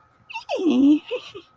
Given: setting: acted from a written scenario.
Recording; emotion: vocal sound without words; positive surprise